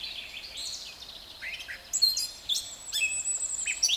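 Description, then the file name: Eurasian blackcap song, a fast jumble of varied chattering and warbled notes, becoming brighter and louder toward the end. "Sylvia atricapilla"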